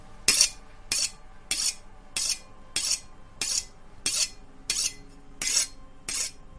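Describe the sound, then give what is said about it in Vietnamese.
A knife is sharpened on a whetstone in about nine steady, evenly spaced strokes, each a bright, hissing metallic scrape. There is no talking. “Cái bóng trắng đó từ từ tiến lại gần, trên tay đang cầm một con dao, tay kia đang cầm một cái cục đá mài, mài dao xoèn xoẹt xoèn xoẹt.”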